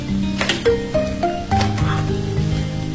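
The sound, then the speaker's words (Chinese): The lid of a self-heating hot pot, heated without electricity, fire or hot water after cold water was added, is opened with a few plastic clicks and rustles, then a steady hissing sizzle of steam continues throughout over a soft tonal background. “时间差不多，开盖看一下。”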